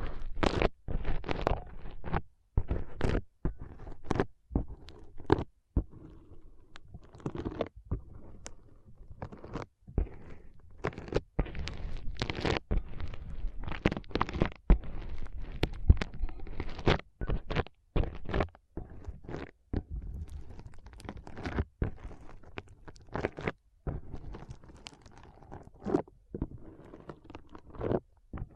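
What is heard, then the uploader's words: Foam is squeezed and rubbed in a forceful brain massage, giving dense crackling, crunchy squishes with a deep rumbling undertone. The bursts come rapidly and irregularly, broken by many brief silent gaps, with no other sounds behind them. ASMR Powerful Foam Brain Massage.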